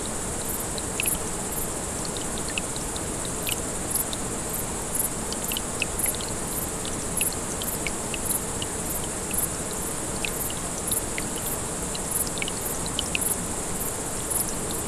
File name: MZ-N 710 Ruisselet et sauterelles 6 08 14